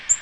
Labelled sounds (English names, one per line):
Black-throated Green Warbler flight call